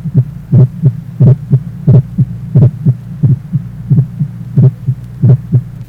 Age 40, normal splitting of the first heart sound, mitral area.